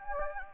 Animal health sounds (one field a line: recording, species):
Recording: mosquito wingbeat signal from an infrared sensor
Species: Anopheles gambiae